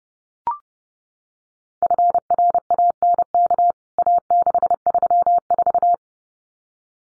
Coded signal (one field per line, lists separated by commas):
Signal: Morse code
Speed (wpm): 30 wpm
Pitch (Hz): 700 Hz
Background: none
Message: FRANK A634